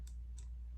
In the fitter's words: and i'll use some scissors just to poke this in till i hear a click